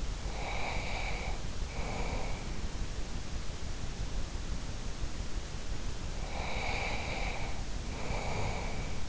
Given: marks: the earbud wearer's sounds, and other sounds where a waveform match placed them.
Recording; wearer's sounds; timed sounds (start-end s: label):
sounds in sleep by an in-ear microphone; breath
0.19-2.52 s: breath
6.08-9.09 s: breath